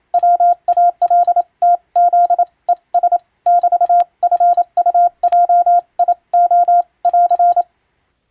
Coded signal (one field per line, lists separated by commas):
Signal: Morse code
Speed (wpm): 27 wpm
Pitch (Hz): 700 Hz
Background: none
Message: WALTZES <BT>FUJIO <AR>